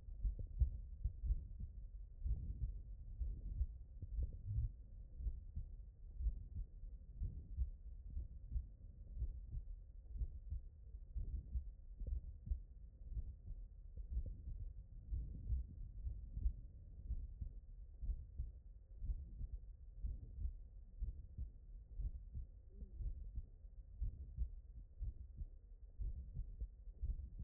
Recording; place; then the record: heart sounds by stethoscope; mitral valve (MV)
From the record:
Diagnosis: HFrEF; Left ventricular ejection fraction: 28%